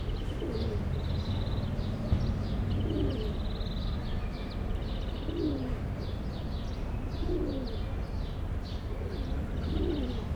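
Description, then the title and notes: Pigeon coos, low and repeated at intervals, over steady low traffic noise, with higher chirps and twitters above. Pigeons sheltering in a triangle formed by three cedars, Place Georges Clemenceau, Aix-les-Bains, France, with passing vehicles, including Aixam microcar engines. "39 Pl. Georges Clemenceau, 73100 Aix-les-Bains, France - Le triangle des pigeons. Trois cèdres délimitent un triangle refuge pour les pigeons, un verdier et quelques moineaux complètent l'avifaune"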